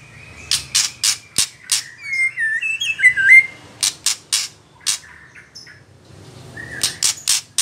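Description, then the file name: White-rumped shama song mixing a steady series of loud sharp clicks with a middle passage of twisting, warbled whistled notes. Female bird. "murai batu betina"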